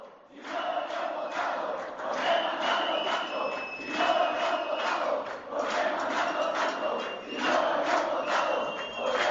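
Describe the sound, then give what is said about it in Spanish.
A crowd that has occupied the Banco de Valencia shouts and chants against the bankers inside the bank: a loud, continuous roar of many voices rising and falling in waves, with no single speaker standing out. “La peña ha entrado en el banco, ha ocupado el banco y está chillando contra los banqueros.”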